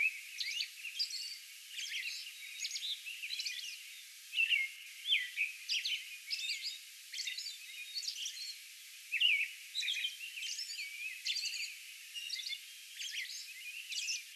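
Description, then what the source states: American robin song, a busy stream of slurred whistles and many high squeaky notes, fairly faint over a soft hiss. Song bout recorded on May 11.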